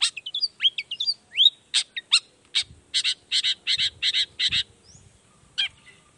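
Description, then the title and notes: Long-tailed shrike song beginning with twisting whistled slurs, then a string of several harsh, evenly repeated notes. Long-tailed shrike in full song (gacor) in the morning, singing the 'toet toet' variation; said to prompt other shrikes to answer. "Cendet Gacor Dor Di Kala Pagi Toet Toet Variasi Suara. Cendet Gacor Pagi Hari Biangnya Bikin Cendet Manapun Langsung On Nyaut Buka Materi. Burung cendet"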